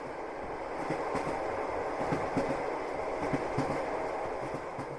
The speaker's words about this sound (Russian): Мерный стук колес ворвался в мои уши, и я открыл глаза.